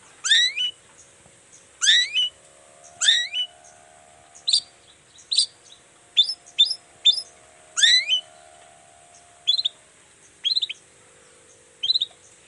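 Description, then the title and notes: Long-tailed shrike song: harsh downslurred squawks mixed with short thin squeaky notes, spaced out throughout. Morning; energetic, full-voiced singing with variations including a "toet toet" sound; used to provoke other shrikes to respond. "Cendet Gacor Dor Di Kala Pagi Toet Toet Variasi Suara. Cendet Gacor Pagi Hari. Burung cendet"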